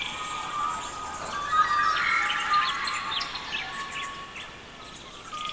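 Overlapping bird songs, warbling and chirping.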